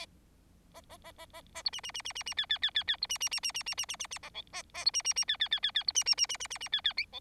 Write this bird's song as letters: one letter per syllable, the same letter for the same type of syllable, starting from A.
A A A A A A B C C C C C C D D D D D B C C C C C C C C C C A E A A B C C C D D D D D B C C C C C C C D D